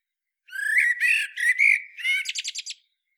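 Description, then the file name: Common blackbird giving a few grating squawks followed by a quick run of short, clipped chattering notes. "Turdus merula"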